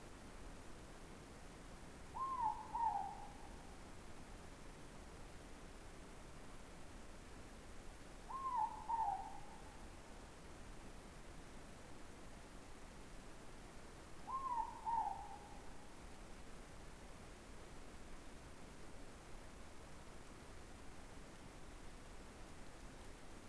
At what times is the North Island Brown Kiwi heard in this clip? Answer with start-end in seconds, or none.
none